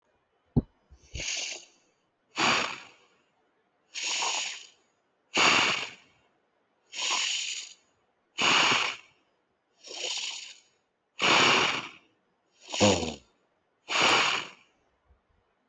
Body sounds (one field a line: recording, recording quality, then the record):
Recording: deep breathing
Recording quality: excellent, no background noise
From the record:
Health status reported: healthy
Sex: male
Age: 30 years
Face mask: not worn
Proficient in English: yes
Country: India